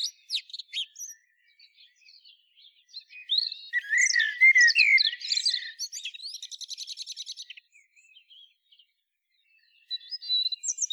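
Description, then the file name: Common blackbird song: scattered high notes, then a loud jumbled squeaky phrase with a rapid buzzy trill, and more thin notes after a pause. "Turdus merula"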